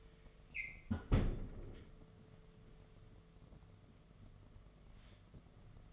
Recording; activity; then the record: daily activity, microphone in the room; close fridge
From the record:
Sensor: 4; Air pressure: 1015.8 hPa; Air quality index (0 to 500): 186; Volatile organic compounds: 9 ppm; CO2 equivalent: 2150 ppm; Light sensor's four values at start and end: 9/21/8/8 and 11/24/10/10